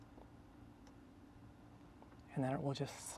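A large security gateway cable plug is lined up with the big vehicle gateway connector before being pushed home, with only faint handling ticks around 0.2, 0.9 and 2.0 seconds over a quiet background. From about 2.4 seconds someone talks. The plug has not seated or clicked yet.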